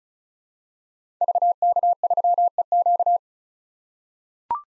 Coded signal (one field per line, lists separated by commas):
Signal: Morse code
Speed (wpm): 36 wpm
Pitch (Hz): 700 Hz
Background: none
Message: VK3EQ